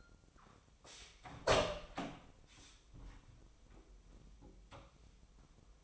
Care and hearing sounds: daily activity, microphone in the room; open door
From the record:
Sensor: 1

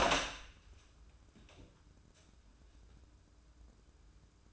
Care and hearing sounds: daily activity, microphone in the room; open door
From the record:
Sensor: 2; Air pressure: 994.2 hPa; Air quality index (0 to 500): 209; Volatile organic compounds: 1000 ppm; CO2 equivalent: 6928 ppm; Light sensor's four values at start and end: 112/267/113/117 and 116/278/117/123

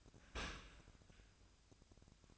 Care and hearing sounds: daily activity, microphone in the room; open dishwasher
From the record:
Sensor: 2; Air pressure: 1002.9 hPa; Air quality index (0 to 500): 199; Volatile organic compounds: 6 ppm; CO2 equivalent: 1886 ppm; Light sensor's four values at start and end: 14/33/14/15 and 14/33/14/15

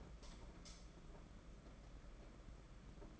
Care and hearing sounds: daily activity, microphone in the room; light on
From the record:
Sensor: 5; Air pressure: 992.1 hPa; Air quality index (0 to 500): 207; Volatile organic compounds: 1000 ppm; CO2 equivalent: 5990 ppm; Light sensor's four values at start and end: 8/19/7/8 and 8/21/8/9

